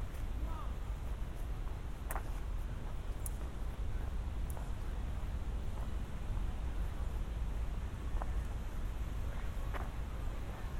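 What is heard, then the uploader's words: A walk across a city park, with a steady low rumble of wind and traffic filling the whole clip. Faint voices drift in and out, and a few short sharp clicks or taps stand out around two, three and ten seconds. Walk through Central Park. A walk from east to west across central park around 72nd street.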